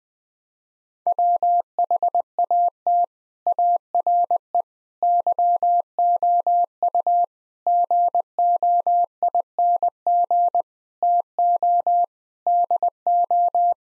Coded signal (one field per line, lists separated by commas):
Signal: Morse code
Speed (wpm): 20 wpm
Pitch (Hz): 700 Hz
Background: none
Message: WHAT ARE YOU GOING TO DO